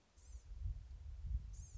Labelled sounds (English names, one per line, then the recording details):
Blue-gray Gnatcatcher
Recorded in Sonoma County, California